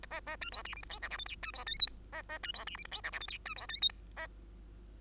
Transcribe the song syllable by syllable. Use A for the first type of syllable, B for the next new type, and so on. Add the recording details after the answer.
A A B C D E F G H I J K B C L M N A A B C D E F G H I J K B C L M N A. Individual Bird2